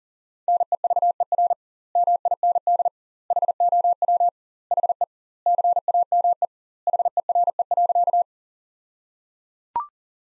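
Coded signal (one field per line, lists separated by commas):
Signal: Morse code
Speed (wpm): 37 wpm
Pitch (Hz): 700 Hz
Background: none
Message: NEVER MIND HOW HE CAME HERE.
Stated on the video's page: Sentence copy practice at 40 wpm with 2x standard word spacing, a word-level analogue of Farnsworth spacing.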